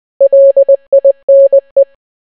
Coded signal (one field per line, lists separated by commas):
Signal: Morse code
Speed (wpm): 20 wpm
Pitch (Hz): 550 Hz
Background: none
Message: LINE